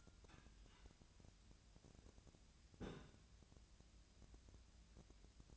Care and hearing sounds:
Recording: daily activity, microphone in the room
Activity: take from stove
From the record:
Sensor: 2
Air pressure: 1009.8 hPa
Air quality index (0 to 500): 179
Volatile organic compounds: 10 ppm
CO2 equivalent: 2236 ppm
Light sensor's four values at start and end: 32/78/33/37 and 32/78/34/37

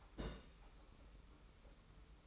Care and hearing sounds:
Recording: daily activity, microphone in the room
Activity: place on stove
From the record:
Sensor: 1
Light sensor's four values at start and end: 36/115/45/47 and 36/115/45/47

